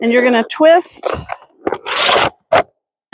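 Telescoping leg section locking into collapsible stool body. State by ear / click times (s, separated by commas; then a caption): seated / 1.7 s. Someone talks while twisting the telescoping leg section of a collapsible stool, making a scraping twist, until it locks at the chosen height. A sharp hit at 1.7 s marks the section seating firmly in place, and the talking continues afterward.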